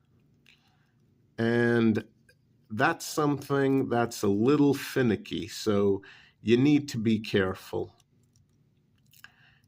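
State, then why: Partly seated. A replacement razor blade is fitted into the metal handle blade holder of a Sheffield folding utility knife while someone talks. After the talking stops, several small clicks follow, with the main click at 9.2 s. The blade is judged not fully seated properly.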